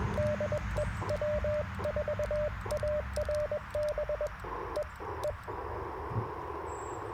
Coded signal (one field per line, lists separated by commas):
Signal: Morse code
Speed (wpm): 20 wpm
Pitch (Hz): 600 Hz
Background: radio noise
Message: DE W4ARB EE